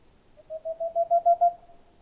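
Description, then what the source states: Boreal owl, one rapid burst of about seven low hoots that start soft and grow louder toward the end. Male singing near a nest hole in a tall dead tree in the middle of a forest, Haut-Diois, France, 15 April 2020, at night; recorded on Nagra LB with stereo omni microphones.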